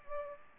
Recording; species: mosquito wingbeat signal from an infrared sensor; Aedes aegypti